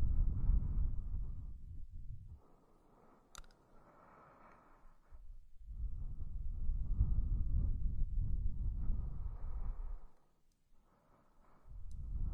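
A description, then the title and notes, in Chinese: Slow, soothing breaths blown out, each long exhale rising and fading with quiet pauses between, ending as another breath begins. 舒缓吹气，睡眠呼吸。这就是一个再正常不过的呼吸、吹气声。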